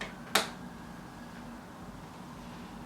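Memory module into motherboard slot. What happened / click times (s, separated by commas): Memory module clicks fully home / 0.4 s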